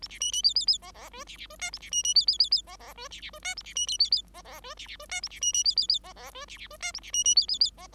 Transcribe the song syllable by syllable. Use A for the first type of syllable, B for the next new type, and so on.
A B C C D D D E E F B B F G A B C C D D D D E E F B B F G A B C D D E E F B B F G A B C C D D D E E F B B F G A B C C D D D E